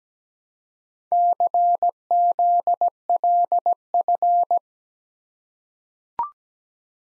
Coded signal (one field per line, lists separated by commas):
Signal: Morse code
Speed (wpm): 17 wpm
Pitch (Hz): 700 Hz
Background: none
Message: CZLF